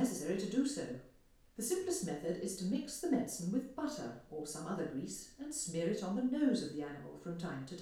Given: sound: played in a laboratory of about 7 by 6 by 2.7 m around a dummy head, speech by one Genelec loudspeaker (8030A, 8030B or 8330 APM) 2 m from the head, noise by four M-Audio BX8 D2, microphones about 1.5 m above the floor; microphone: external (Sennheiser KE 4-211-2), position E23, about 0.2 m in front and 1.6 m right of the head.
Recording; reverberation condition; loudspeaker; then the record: female speech in English; medium; 30 degrees to the right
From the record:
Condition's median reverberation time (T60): about 510 ms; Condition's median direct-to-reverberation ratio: about -0.5 dB